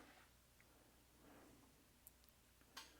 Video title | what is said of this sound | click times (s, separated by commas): 64 New Yorker - Part 19 Engine Build | and you just go click till it clicks okay so that one's at 80 | 2.1 s, 2.8 s